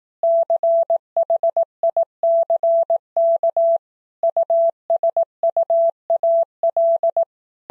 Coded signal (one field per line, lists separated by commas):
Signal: Morse code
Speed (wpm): 18 wpm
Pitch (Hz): 670 Hz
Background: none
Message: CHICK USUAL